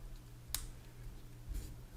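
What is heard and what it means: A back cover is pressed around its edge onto the frame of a Samsung Galaxy Note 4 during a mid frame replacement. One more clip snaps in with a sharp, bright click at 0.6 s, and the cover is seated. A softer, duller press sound follows at about 1.5 s over a low steady hum.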